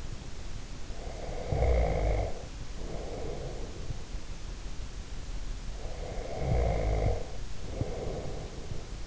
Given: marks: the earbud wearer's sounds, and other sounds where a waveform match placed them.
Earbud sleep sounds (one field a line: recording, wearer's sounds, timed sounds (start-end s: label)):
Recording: sounds in sleep by an in-ear microphone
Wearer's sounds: snoring breath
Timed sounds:
0.78-3.96 s: snoring breath
5.66-9.07 s: snoring breath